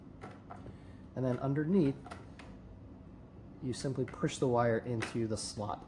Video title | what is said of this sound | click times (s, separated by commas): The Hydro Tower Model A Assembly Guide. Hydroponic Gardening Tower | And each of these squares clicks into place. | 0.5 s